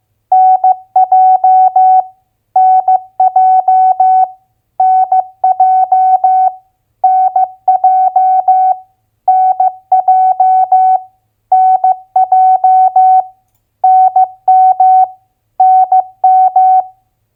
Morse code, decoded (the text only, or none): NJ NJ NJ NJ NJ NJ NM NM